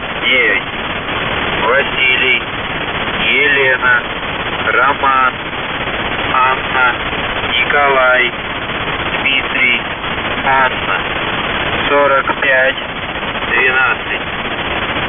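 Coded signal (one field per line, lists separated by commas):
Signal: channel marker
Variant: The Goose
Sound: rapid goose-like honking and quacking bursts over hissy shortwave noise, possibly with voice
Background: radio static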